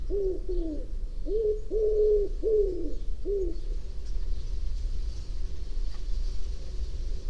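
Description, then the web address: A bird giving a series of six low, hollow cooing notes, some slightly wavering, over a steady low rumble of background noise. "cianscape. Deverinetal. Bird Only"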